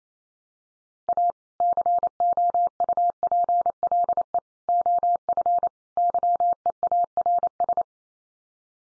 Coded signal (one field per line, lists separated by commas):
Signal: Morse code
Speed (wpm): 28 wpm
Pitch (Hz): 700 Hz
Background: none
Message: A COUPLE OF YEARS